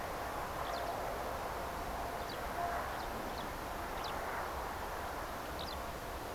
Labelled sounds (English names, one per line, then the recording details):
Eurasian Skylark
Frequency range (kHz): Eurasian Skylark 2.6-6.3 kHz
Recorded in France